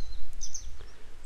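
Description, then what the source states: Grey wagtail giving two quick high, sharp call notes close together, with low-frequency rumble in the background. A pair, still searching for their young today; follow-up report.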